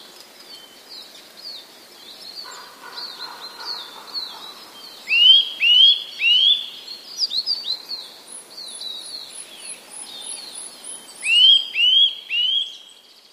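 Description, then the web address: Eurasian nuthatch giving varied calls: loud, sharp down-slurred notes in short runs, mixed with faint high chirps and a thin trill; quiet natural background. "kowalik kowalikzmienny"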